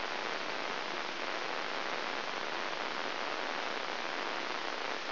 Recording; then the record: brain microelectrode recording played as sound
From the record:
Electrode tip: inside the subthalamic nucleus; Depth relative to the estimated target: -2 mm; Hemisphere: left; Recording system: AlphaMap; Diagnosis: Parkinson's disease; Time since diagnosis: 20 years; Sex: female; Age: 65 years